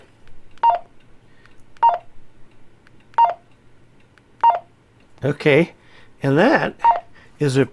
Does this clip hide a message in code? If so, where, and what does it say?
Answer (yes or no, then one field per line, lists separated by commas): no